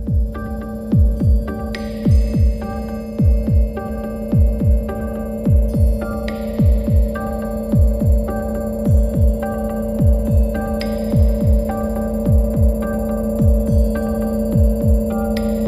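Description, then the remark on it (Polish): A deep, steady heartbeat thumps in paired pulses over a sustained electronic drone, with bright synth swells rising every few seconds in the intro of a Polish band's song with no vocals, played on the Polish radio station Trójka. “Świetny wybór, to i serce bije idealnie.”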